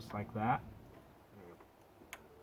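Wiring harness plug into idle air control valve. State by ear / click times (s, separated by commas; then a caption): seated / 2.1 s. A wiring harness plug is pushed onto the new idle air control valve on a 2001 Ford Escape engine. Someone talks, then a sharp click at 2.1 seconds marks the connector locking into place, and the plug is seated.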